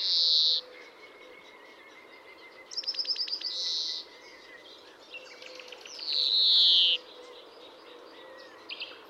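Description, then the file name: European greenfinch with repeated long nasal wheezing notes, some sliding downward, interspersed with brief twittering trills and soft chirps; faint steady background hum. "Chloris chloris"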